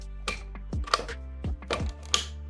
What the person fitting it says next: heard that click and it's ready to go